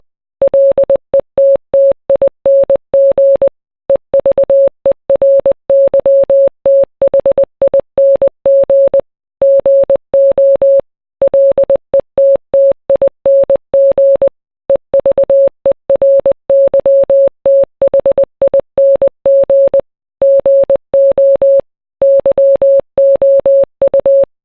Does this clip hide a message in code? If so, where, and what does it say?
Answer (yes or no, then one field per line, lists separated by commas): yes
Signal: Morse code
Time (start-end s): 0.4-24.2 s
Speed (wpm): 20 wpm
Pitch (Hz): 550 Hz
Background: none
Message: LETTING EVERYTHING GO LETTING EVERYTHING GO YOU